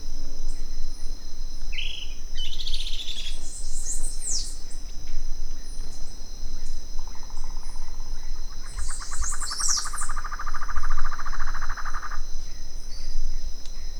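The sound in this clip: Bird calling: a long, buzzy, pulsed trill and sharp high down-slurred notes, over a heavy low rumble and a steady high whine.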